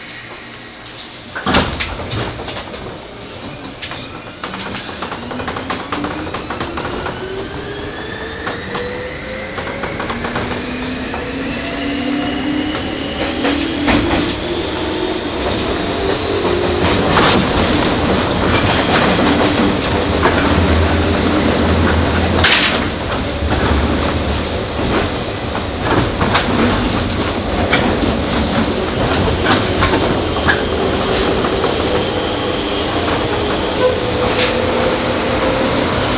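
A 201 series train on the Chuo rapid line runs between stations, with motor whine rising in pitch as it accelerates over the first twenty seconds. A steady roar and rumble builds and then holds, broken by frequent clicks and sharp knocks from the wheels and joints.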